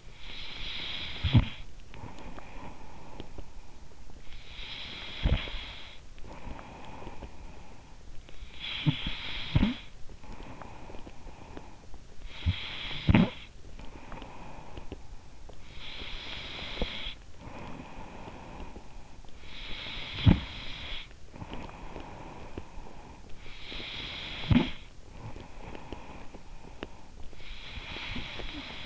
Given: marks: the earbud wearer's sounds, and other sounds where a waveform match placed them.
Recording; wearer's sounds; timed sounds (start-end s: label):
sounds in sleep by an in-ear microphone; breath, snoring breath
0.00-0.25 s: breath
0.25-15.75 s: snoring breath
15.75-19.38 s: breath
19.38-23.25 s: snoring breath
23.26-27.32 s: snoring breath
27.31-28.86 s: breath